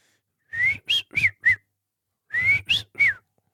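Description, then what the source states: Wigeon whistling: two bursts of short, clear whistled notes, three or four per burst, some rising and others falling, with low breathy rumble beneath. Live wigeon sounds played from a phone to show what a wigeon actually sounds like.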